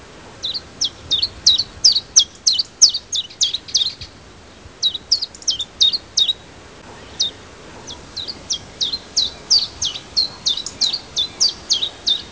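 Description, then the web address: Common chiffchaff giving rapid series of short, high sharp call notes, clustered in bursts with brief pauses, over a faint steady background hiss. "phylloscopus collybita call"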